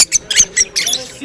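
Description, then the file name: Rosy-faced lovebird chatter: a series of short, sharp, high squeaky bursts separated by brief pauses. Singing, close up. "kak-krasivo-poet-nerazluchnik -rozovoshhekij-nerazluchnik-krupnym-planom"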